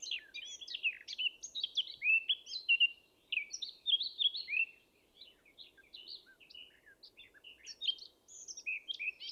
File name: Sylvia atricapilla